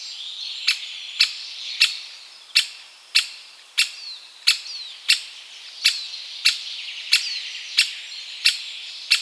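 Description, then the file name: Great spotted woodpecker calls, sharp single 'kik' notes repeated at a steady pace, with thin high songbird twitters faintly behind. "buntspecht"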